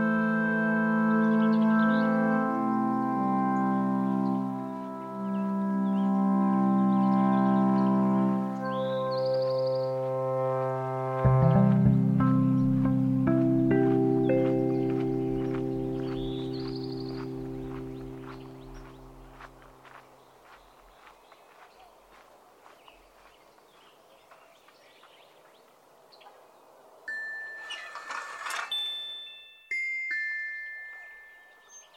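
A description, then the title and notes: Along the Anza Trail by the Santa Cruz River, low sustained tones hum and shift for the first twenty seconds, with a heavier swell near eleven seconds, while a few bird chirps sound above. The tones fade out, leaving quieter ticks and a bright rustling burst near twenty-eight seconds. Tubac, AZ on the historic Anza Trail, which meanders here along the Santa Cruz River.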